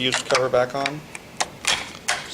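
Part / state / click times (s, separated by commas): fuse cover onto fuse holder in EV power wiring / seated / 2.1 s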